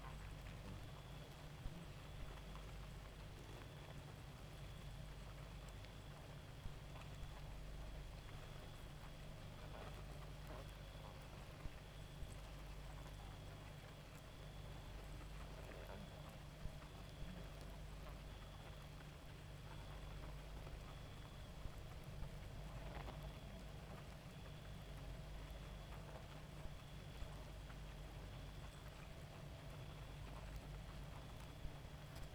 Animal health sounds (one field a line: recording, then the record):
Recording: honeybee colony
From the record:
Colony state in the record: active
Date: 28 July 2017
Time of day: 1:12